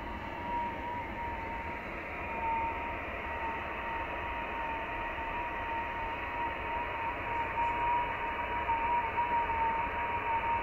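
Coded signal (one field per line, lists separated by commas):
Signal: FT8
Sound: steady hiss with one faint, slightly warbling tone held throughout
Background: radio static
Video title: VP6R, Pitcairn Island, Pacific Ocean, 21MHz, FT8, Worked by HL2WA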